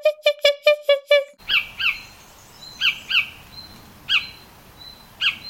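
A Eurasian golden oriole gives its falcon-like call: six quick, harsh, nasal notes in a tight series. Then come sparser, thin, high chirps over a steady hiss of background noise.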